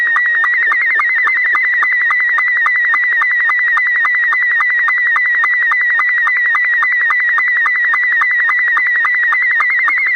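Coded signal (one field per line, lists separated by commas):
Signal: SSTV (slow-scan television)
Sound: steady high warbling tone with rapid regular ticking pulses, like a buzzy chirping line scan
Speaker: Slow Scan TV Net? This is Rick, KC8LOQ. Please call now.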